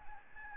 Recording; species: mosquito wingbeat signal from an infrared sensor; Aedes albopictus